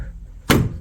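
On a Skoda Octavia 2 Facelift, the plastic front door trim panel, already hooked over the window edge, is bumped by hand around its edge so its retaining clips lock into the metal door frame. After a low background hum, a sharp thump at 0.5 s carries a brief bright, broadband snap. The clips have seated and locked in place.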